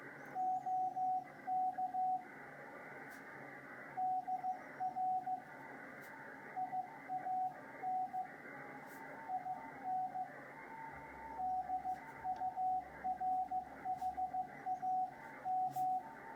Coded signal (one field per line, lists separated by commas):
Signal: Morse code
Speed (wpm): 15 wpm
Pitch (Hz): 740 Hz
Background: radio noise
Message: OK DR IAN IN DURHAM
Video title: Getting Back Into Morse Code